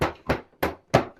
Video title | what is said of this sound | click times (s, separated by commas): Ultimate Cleaning Guide for homerunPET Smart Litter Box | And this does kind of snap into place, and you'll see when it's fully in. | 0.6 s, 1.0 s